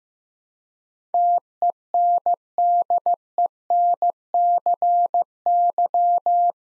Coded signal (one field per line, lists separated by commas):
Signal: Morse code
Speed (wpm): 15 wpm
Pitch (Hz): 700 Hz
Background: none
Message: TENDENCY